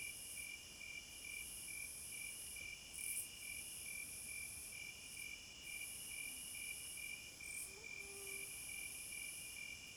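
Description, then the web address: Cricket chorus of rapid, evenly pulsed chirps, overlaid by a high, sustained insect hiss that breaks off briefly now and then. Night forest ambience, described as a midnight concert. "Sounds of Nature Hypnotizing Forest- Wolves, Crickets, Owls and Singing Birds Midnight Concert"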